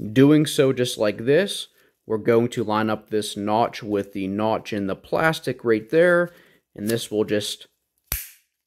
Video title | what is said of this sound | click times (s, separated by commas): BMW E46 Turbo Build - Fuel System | And this will just snap into place like that. | 8.1 s